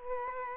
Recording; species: mosquito wingbeat signal from an infrared sensor; Aedes aegypti